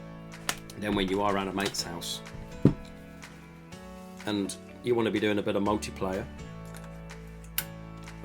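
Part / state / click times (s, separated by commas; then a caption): replacement kickstand blade on a handheld game console / seated / 7.6 s. A plastic replacement kickstand blade is pushed into place on a handheld game console while someone talks over background music. A few small taps are heard, then a sharp click at 7.6 seconds as the kickstand leg seats firmly in place.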